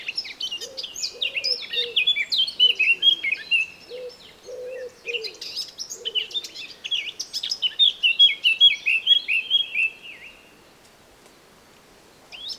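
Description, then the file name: Eurasian blackcap singing rapid, varied warbled phrases that end in clear whistled notes; silence near the end. "Sylvia atricapilla"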